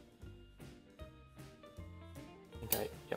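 A Wuben E7 flashlight body is slid into its headlamp mount bracket until a small nub catches in a slot, over steady background music. A sharp click at 2.7 s marks the flashlight seating in the mount.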